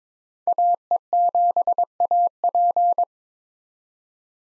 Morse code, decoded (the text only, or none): AE7AP